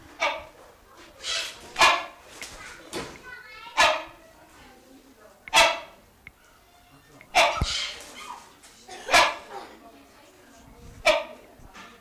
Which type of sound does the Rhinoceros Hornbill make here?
call